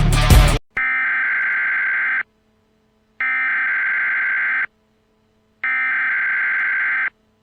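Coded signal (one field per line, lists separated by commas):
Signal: Emergency Alert System (SAME) tones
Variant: header bursts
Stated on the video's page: Fictional end-of-the-world EAS alert scenario depicting the final moments before global war.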